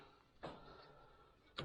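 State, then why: Not seated. A metal leveling/stabilizer leg on a trailer frame is swung out by hand toward its locking bracket, with a metallic knock at about 0.4 s and another sharp one at about 1.6 s over low background noise. The clip ends before the leg goes home, so nothing has seated or locked into place yet.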